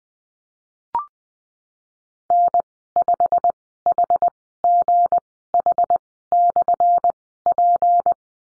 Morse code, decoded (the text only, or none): N5HGH/P